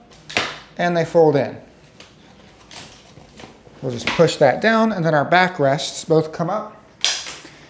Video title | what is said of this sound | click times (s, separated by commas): Golden Cricket LT Lightweight Folding Powerchair - Unboxing and Assembly | they click in place. | 7.0 s, 7.3 s